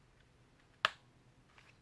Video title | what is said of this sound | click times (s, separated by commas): Ka-Bar TDI Sheaths and Glock 19 gen 4 Mag Pouches | I'm going to slide it all the way up and let you hear the click at the top. | 0.8 s